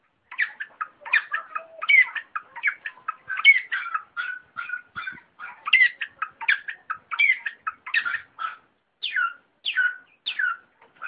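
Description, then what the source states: Long-tailed shrike singing a fast medley of short chirps, buzzy notes and sharp downslurred whistles, delivered in quick successive bursts. A combination song.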